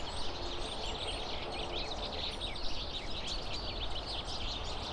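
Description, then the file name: Birds calling: busy, overlapping high twitters and chirps throughout, with a constant low rumbling background. "Faglar"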